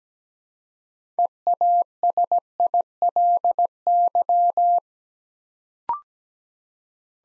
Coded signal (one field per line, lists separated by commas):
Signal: Morse code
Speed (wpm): 17 wpm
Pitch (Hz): 700 Hz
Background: none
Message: EASILY